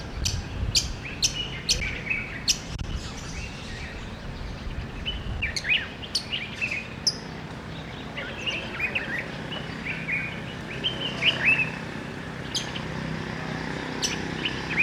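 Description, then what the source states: Budgerigar warbling and chirping, a run of sharp high squeaks early on, then softer rambling chatter over a low hum that quietens after the first few seconds. Budgerigar sounds to stimulate breeding.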